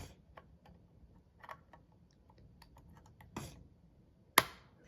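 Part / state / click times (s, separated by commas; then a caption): plastic building-brick piece onto toy truck / seated / 4.4 s. A plastic building-brick piece is pressed onto a toy donut truck. Faint taps and small clicks precede a louder knock around 3.4 s, and then a sharp, loud click at 4.4 s as the piece snaps onto the truck and seats.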